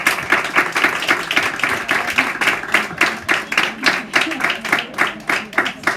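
An audience breaks into applause, a dense, steady stretch of many hands clapping with a rapid, uneven rhythm that holds fairly loud for several seconds without clear talk.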